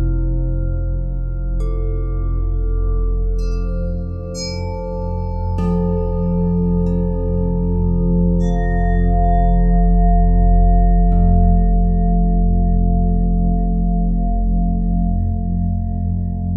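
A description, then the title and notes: Tibetan singing bowls ring together in long, overlapping tones, with new strikes landing around 2, 4, 6, 8 and 11 seconds. Each strike adds a bright shimmer that fades, while a deep, steady hum underneath swells and pulses slowly throughout. The pure tones of Tibetan Singing Bowls. The bowls sound together to produce natural rhythms and harmonies. From deep rich bass to singing high notes.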